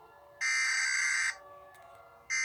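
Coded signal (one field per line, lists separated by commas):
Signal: Emergency Alert System (SAME) tones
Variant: header bursts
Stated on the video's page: Simulated US nuclear EAS alarm made on Scratch.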